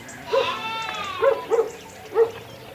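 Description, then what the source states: Sheep bleats: a longer quavering bleat followed by a few short calls. Lambs at a farmhouse (cortijo).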